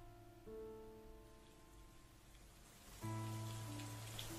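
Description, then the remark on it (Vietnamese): Steady, hissing heavy rain pours without a break onto forgotten piles of salt, mixed with low sustained tones that swell louder about three seconds in. No one speaks. “Trời bắt đầu đổ mưa to, mấy đụn muối bị bỏ quên một góc, gặp phải nước mưa cứ thế mà tan ra.”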